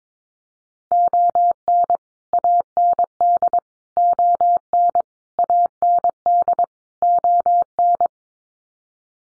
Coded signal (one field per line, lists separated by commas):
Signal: Morse code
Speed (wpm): 22 wpm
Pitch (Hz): 700 Hz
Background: none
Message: ON AND ON AND ON